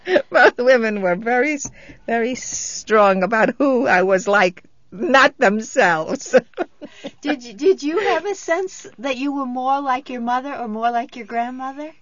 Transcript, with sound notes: Both women were very, very strong about who I was like. Not themselves. ( she laughs )
Did you have a sense that you were more like your mother or more like your grandmother?